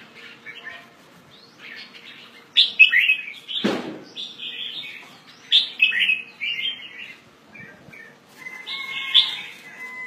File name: Pycnonotus jocosus